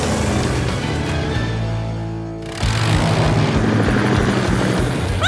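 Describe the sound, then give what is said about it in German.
Sky's helicopter from Paw Patrol, which was parked on a roof, drones steadily with a low, throbbing rotor hum; midway the sound briefly softens, then surges back louder and denser with rhythmic chopping pulses. “Sky stürmte zu ihrem Hubschrauber, der auf dem Dach parkte.”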